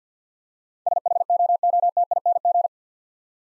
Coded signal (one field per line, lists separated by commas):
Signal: Morse code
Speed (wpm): 50 wpm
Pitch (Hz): 700 Hz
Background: none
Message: SHOOTING